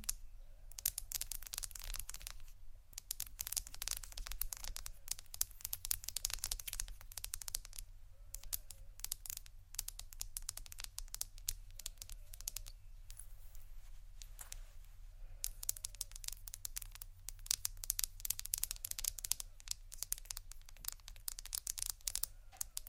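Objects scratch and tap on tiles in dense, rapid bursts of bright scraping and clicking, with brief pauses and a steady low hum underneath.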